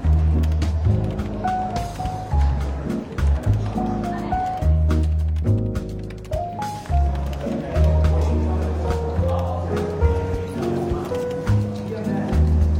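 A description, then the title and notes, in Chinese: Soft, relaxed jazz with a steady walking bass and mellow chords plays through a bookshop café, with frequent light clinks and murmuring chatter. 伦敦书店咖啡馆轻微喧闹氛围与柔和轻松的爵士背景音乐。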